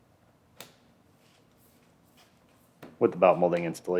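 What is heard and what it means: On a Lincoln MKT passenger door, the belt molding is pushed down onto the door's metal pinch weld and its clips snap on with a sharp click at 0.6 s, seating the molding. After a quiet stretch, someone talks from about 2.8 s to the end.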